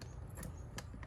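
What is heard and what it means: A torque wrench tightens a bolt threading into the fan clutch mounting on the engine of a 1st Gen Xterra 5-speed, working in a crisscross pattern to 15 foot-pounds. Against a low steady hum, short faint ticks lead to a sharp hit at 0.8 s. The bolt's thread strips while torquing.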